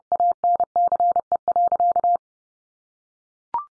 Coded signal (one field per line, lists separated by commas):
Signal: Morse code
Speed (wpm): 30 wpm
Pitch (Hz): 700 Hz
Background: none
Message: ANCE.